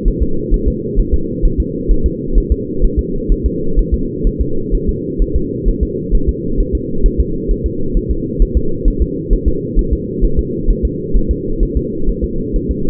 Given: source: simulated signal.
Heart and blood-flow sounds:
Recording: fetal heart sounds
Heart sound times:
0.08 s: S1
0.23 s: S2
0.54 s: S1
0.68 s: S2
1.00 s: S1
1.14 s: S2
1.45 s: S1
1.60 s: S2
1.91 s: S1
2.06 s: S2
2.38 s: S1
2.52 s: S2
2.84 s: S1
2.99 s: S2
3.32 s: S1
3.46 s: S2
3.79 s: S1
3.94 s: S2
4.27 s: S1
4.42 s: S2
4.75 s: S1
4.89 s: S2
5.22 s: S1
5.36 s: S2
5.69 s: S1
5.83 s: S2
6.15 s: S1
6.29 s: S2
6.60 s: S1
6.75 s: S2
7.06 s: S1
7.20 s: S2
7.51 s: S1
7.66 s: S2
7.97 s: S1
8.11 s: S2
8.42 s: S1
8.57 s: S2
8.88 s: S1
9.02 s: S2
9.33 s: S1
9.48 s: S2
9.79 s: S1
9.93 s: S2
10.25 s: S1
10.39 s: S2
10.70 s: S1
10.85 s: S2
11.16 s: S1
11.31 s: S2
11.63 s: S1
11.77 s: S2
12.09 s: S1
12.24 s: S2
12.56 s: S1
12.71 s: S2
From the record:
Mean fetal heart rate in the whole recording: 130 bpm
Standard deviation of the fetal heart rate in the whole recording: 2 bpm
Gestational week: 38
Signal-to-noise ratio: -8.1 dB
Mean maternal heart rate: 72 bpm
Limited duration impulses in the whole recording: absent

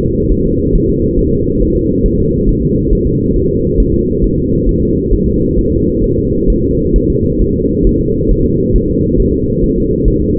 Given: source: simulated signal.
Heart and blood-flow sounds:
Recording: fetal heart sounds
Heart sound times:
0.01 s: S2
0.32 s: S1
0.46 s: S2
0.75 s: S1
0.90 s: S2
1.19 s: S1
1.33 s: S2
1.62 s: S1
1.76 s: S2
2.06 s: S1
2.20 s: S2
2.49 s: S1
2.63 s: S2
2.93 s: S1
3.07 s: S2
3.36 s: S1
3.50 s: S2
3.80 s: S1
3.94 s: S2
4.24 s: S1
4.38 s: S2
4.69 s: S1
4.83 s: S2
5.13 s: S1
5.28 s: S2
5.59 s: S1
5.73 s: S2
6.04 s: S1
6.18 s: S2
6.50 s: S1
6.64 s: S2
6.96 s: S1
7.10 s: S2
7.42 s: S1
7.56 s: S2
7.87 s: S1
8.01 s: S2
8.31 s: S1
8.46 s: S2
8.76 s: S1
8.90 s: S2
9.20 s: S1
9.34 s: S2
9.64 s: S1
9.78 s: S2
10.08 s: S1
10.22 s: S2
From the record:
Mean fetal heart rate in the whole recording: 135 bpm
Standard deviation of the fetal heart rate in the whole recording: 3 bpm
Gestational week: 36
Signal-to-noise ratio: -10.2 dB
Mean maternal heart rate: 72 bpm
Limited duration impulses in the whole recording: present

